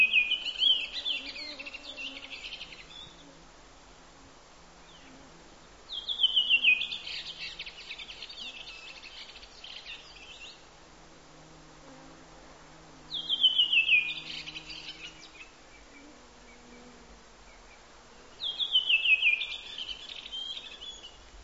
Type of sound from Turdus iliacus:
song